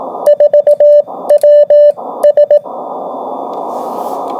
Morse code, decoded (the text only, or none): 4WS